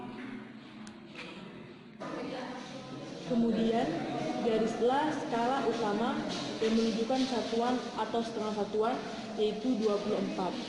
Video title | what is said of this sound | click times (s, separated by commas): RBLFisdas1ITDel TB Kel 01 Modul 01 Pengukuran dan Ketidakpastian | kemudian putar gigi geser pada selubung pemutar sampai terdengar suara klik | 0.9 s